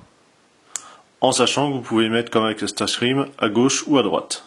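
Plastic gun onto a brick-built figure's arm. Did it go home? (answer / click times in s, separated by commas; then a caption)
yes / 0.8 s. A plastic gun is clipped directly onto a brick-built figure's arm, making a single sharp click at 0.8 s. It seats in place. Afterward, someone talks.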